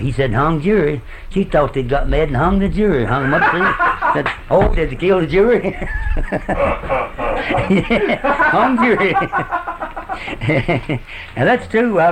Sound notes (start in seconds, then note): 3.1 laugher; 5.3 laughing